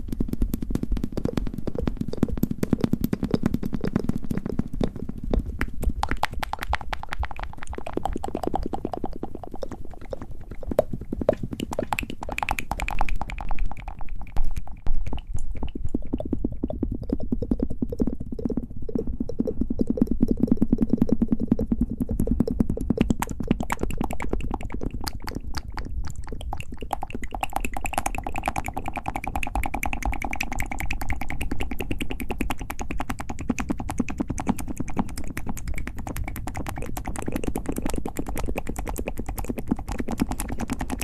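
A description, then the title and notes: Soft tingly mouth sounds with wet clicks and taps run steadily throughout, over a low murmuring hum that swells and fades every few seconds. ASMR Tingly Mouth Sounds & Hand Movements.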